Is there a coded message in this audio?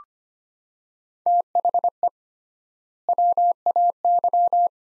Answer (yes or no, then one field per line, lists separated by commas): yes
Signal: Morse code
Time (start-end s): 1.3-4.7 s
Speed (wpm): 25 wpm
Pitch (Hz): 700 Hz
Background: none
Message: THE WAY